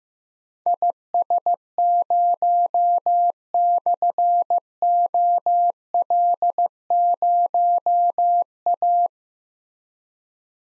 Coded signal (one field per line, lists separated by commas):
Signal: Morse code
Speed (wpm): 15 wpm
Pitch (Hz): 700 Hz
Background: none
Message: IS0/OL0A